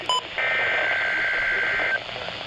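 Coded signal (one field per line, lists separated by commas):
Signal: Emergency Alert System (SAME) tones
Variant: header bursts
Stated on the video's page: Tornado watch on two NOAA Weather Radio channels, recorded with a Canon EOS Rebel SL3 and Rode VideoMic Pro.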